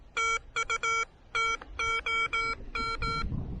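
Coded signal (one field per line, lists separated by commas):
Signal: Morse code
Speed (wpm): 18 wpm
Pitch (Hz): 1360 Hz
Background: none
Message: TU TOM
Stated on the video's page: Pedestrian mobile POTA park activation with the Elecraft KH1, QRP.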